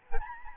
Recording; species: mosquito wingbeat signal from an infrared sensor; Aedes albopictus